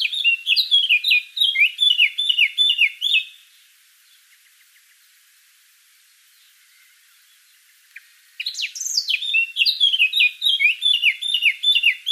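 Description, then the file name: Eurasian blackcap singing a rapid chattering phrase of repeated descending notes, a silent gap of several seconds, then another lively bout with a higher sweeping start. "Sylvia atricapilla"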